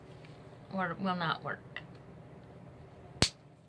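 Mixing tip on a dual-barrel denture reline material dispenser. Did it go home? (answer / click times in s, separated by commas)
yes / 3.2 s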